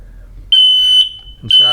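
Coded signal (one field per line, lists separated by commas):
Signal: alarm pattern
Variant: smoke alarm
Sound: loud shrill 3 kHz beeps, half a second on and half off, with a man talking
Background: man speaking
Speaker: bit of smoke going into it starts flashing red and starts going off the other ones will start making noise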